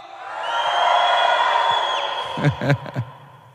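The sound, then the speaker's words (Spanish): A church audience lets out a sustained, loud shout of joy, a dense wash of many high voices yelling together, then breaking into a few sharp whoops and claps as it fades. “A ver, dale un grito de júbilo.”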